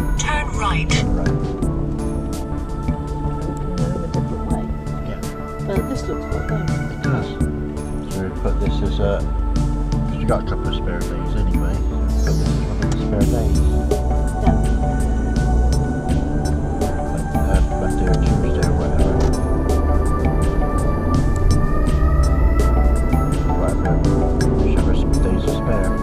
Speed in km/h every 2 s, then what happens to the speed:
21, 15, 0, 0, 0, 0, 0, 10, 16, 21, 29, 32, 37.
0-4 brakes to 0. 4-13 standing. 13-26 pulls away to 37.